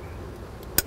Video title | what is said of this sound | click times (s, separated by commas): Dometic Center Console Fridge I Ford F-150 I GM Truck I Nomadic Cooling | for your usb ports make sure that red connector gets snapped back in that's | 0.8 s